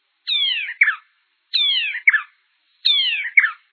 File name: garrinchao pai avo